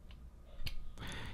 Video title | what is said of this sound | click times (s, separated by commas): Transformers Combiner Wars Brawl | you could hear it snap in place but it doesn't hold together well at all | 0.7 s